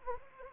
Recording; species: mosquito wingbeat signal from an infrared sensor; Anopheles arabiensis